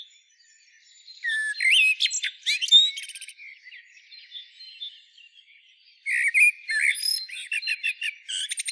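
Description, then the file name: Common blackbird singing, a short low warbled phrase ending in high squeaky twitters, a pause, then a second richer phrase with rapid high notes. "Turdus merula"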